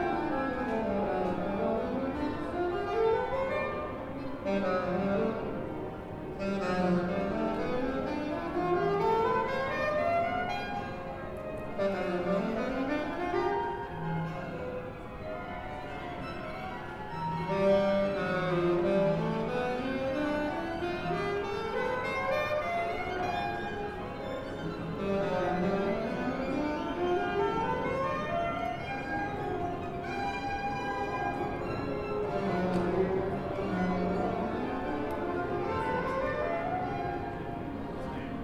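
Musical cacophony pours from practice rooms in London, with overlapping scales sweeping up and down every few seconds over a steady, dense wash of playing.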